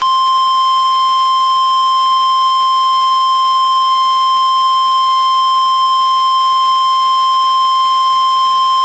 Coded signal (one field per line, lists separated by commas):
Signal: Emergency Alert System (SAME) tones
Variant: 1050 Hz attention tone